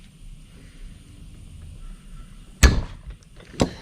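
A round wire-lock retainer is pressed with a thumb into the groove of an aluminum piston pin bore during an LS 6.2 short block build. After a quiet, low hiss, it snaps in with a sharp click at 2.6 s and a second click at 3.6 s. The retainer is seated in the groove.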